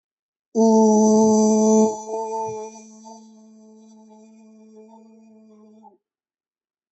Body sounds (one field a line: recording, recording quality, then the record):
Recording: sustained vowel as in boot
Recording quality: excellent, no background noise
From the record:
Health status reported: healthy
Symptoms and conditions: none ticked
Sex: male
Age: 25 years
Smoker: not ticked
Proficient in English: yes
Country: India